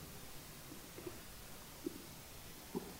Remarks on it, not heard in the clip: I've got a huge parabolic microphone. Sitting on the ground in the spinifex at dusk on Pullen Pullen Reserve. It's 15 minutes after sunset, and that noise was just my stomach being picked up by the microphone. That's how quiet it is out here.